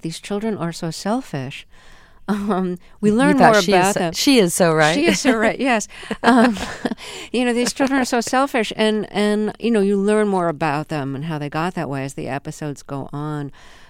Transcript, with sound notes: These children are so selfish.
You thought she is so - she is so right (laughter).
She is so right, yes. You know, these children are so selfish, and you know, you learn more about them and how they got that way as the episodes go on.